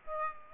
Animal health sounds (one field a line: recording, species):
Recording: mosquito wingbeat signal from an infrared sensor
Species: Aedes aegypti